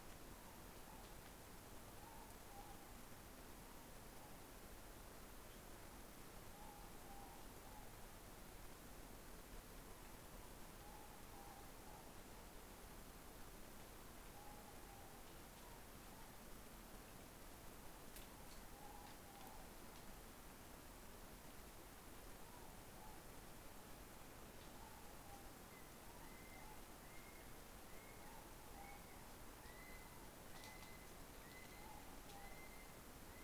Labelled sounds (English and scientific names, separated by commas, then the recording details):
North Island Brown Kiwi (Apteryx mantelli) male call
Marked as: faintness 4/5
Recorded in New Zealand on 17 November 2013
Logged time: 03:42
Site BS16